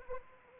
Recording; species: mosquito wingbeat signal from an infrared sensor; Anopheles arabiensis